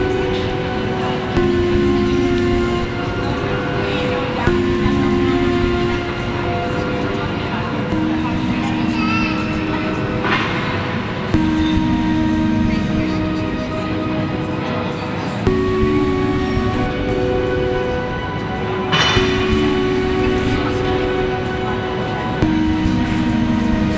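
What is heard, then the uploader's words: A synthesised soundscape of steady, dense drone with shifting held tones that change every few seconds, plus brief bright swells near 10 and 19 seconds. A synthesised soundscape.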